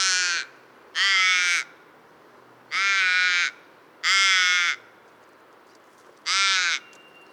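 Bird calling with loud, hoarse, buzzy notes, five long rasping calls at uneven intervals.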